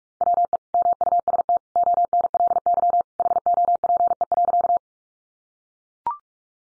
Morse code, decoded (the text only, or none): WE MUST ONLY HOPE.